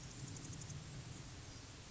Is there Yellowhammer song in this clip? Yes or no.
no